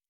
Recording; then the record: hydrophone in a shrimp aquaculture tank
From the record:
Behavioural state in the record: normal